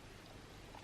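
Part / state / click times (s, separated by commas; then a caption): deodorant refill into refillable deodorant case / not seated / none. A new plastic deodorant refill is being pushed down into the bottom of its refillable case, with a steady, broadband rustling and handling noise and no sharp hits. Nothing has seated or clicked yet.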